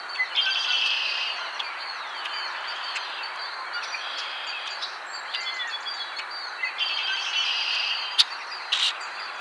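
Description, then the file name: Red-winged Blackbird, rasping buzzy trills near the start and again later, mixed with scattered chips and twitters. "Agelaius phoeniceus - Red-winged Blackbird"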